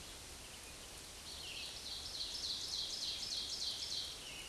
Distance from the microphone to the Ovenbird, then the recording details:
about 50 m. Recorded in a Pennsylvania forest on 18 May 2023 at 05:57. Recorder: AudioMoth, point grid1_6_low. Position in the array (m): 161 m, 16 m